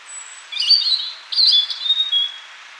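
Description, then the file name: European robin: songbird phrase of thin, high whistles: a brief warble, then a longer level whistle drawn out over a soft background hiss. "Erithacus rubecula"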